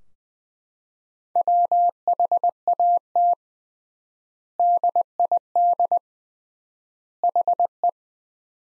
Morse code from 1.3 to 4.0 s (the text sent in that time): WHAT